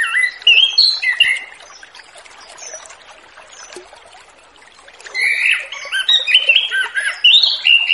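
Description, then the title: Orange-headed thrush song: bursts of rich, varied whistled phrases at the start and again after a quiet gap, with a soft steady hiss behind. Relaxed, open 'ngeplong' song style, used as a lure for a young orange-headed thrush just past its spotted juvenile stage. "Anis Kembang Ngeplong Santai , Untuk Pancingan Anis Kembang Lepas Trotol"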